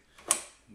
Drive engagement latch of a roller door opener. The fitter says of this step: you hear a click, and that locks the door in.